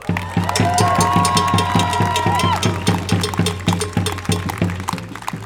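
A loud crowd cheers and applauds continuously, with a steady rhythmic pulse of claps or beats running underneath and whistle-like tones rising above the noise.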